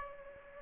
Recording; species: mosquito wingbeat signal from an infrared sensor; Aedes aegypti